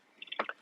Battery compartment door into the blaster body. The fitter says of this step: then you just slide that door back on and you'll hear it click when it clicks shut with that lock